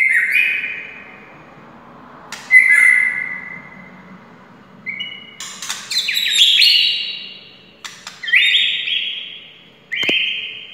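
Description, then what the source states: White-rumped shama song, separate whistled phrases, some long and level, others rising with rattling notes, spaced by short quiet gaps. Wild forest bird.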